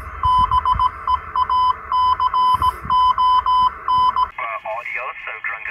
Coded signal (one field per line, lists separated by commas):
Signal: Morse code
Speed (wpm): 17 wpm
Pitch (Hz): 1010 Hz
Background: speech, radio noise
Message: BEACON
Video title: Radio in Tandsbyn Loke